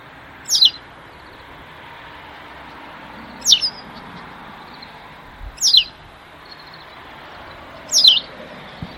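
White wagtail calling: four sharp, high, falling notes, some doubled, at uneven intervals over faint steady background noise.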